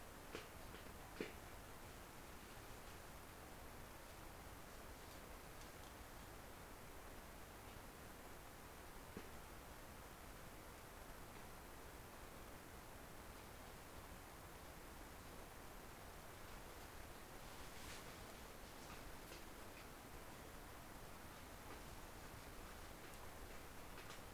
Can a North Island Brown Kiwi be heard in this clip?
no